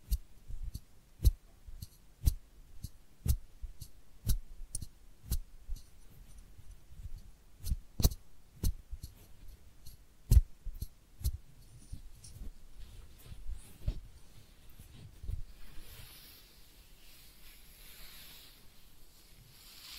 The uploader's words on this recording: ASMR Real Head Massage and Ear Cleaning (No Talking).